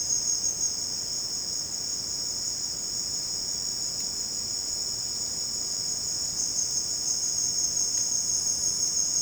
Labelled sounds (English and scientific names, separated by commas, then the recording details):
none
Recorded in dense forest near Puerto Asís, Putumayo, Colombia, on 22 June 2025 at 15:30
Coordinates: 0.499, -76.324
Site G100